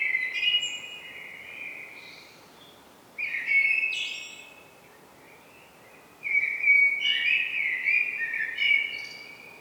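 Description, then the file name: Common blackbird song, rich fluted warbling phrases repeated with short pauses between them. "Turdus merula"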